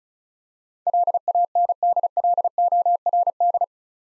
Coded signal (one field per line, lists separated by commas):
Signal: Morse code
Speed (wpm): 36 wpm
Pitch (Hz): 700 Hz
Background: none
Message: LANDLORD